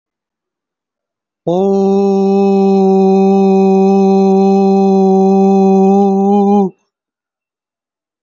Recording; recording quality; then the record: sustained vowel as in boot; excellent, no background noise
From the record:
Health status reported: respiratory illness, not identified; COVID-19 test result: negative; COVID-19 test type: RT-PCR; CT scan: not taken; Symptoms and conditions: cold, breathing difficulty, asthma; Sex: male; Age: 25 years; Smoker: no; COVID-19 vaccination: one dose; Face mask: worn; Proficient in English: yes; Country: India